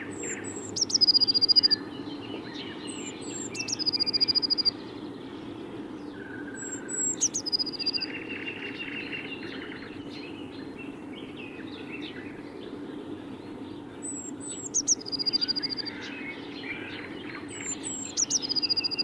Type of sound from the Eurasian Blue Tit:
song